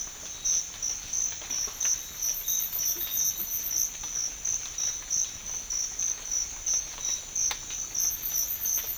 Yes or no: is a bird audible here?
no